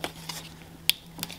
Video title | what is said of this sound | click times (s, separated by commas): e46 Yellow Fog Lights Install [DIY] | clicks like such just like | 0.9 s